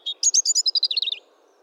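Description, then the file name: European robin giving a rapid song phrase: one high note, then a fast tumbling series of sharp twittering notes that drop slightly in pitch before stopping. "Erithacus rubecula"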